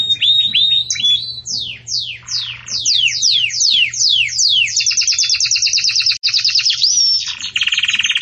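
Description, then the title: Belgian canary song with a few level whistles, a series of descending swept notes, then quick rattling trills and a brief rising whistle near the end. Belgian canary song used for teaching breeding chicks (encarte de filhotes); 'campainha' style song. "Belíssimo Canto Do Canário Belga Campainha Para Encarte De Filhotes"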